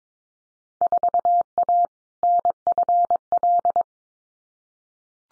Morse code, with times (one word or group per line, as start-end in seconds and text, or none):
0.8-1.9 4A
2.2-3.8 NFL